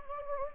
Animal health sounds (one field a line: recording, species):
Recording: mosquito wingbeat signal from an infrared sensor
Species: Anopheles gambiae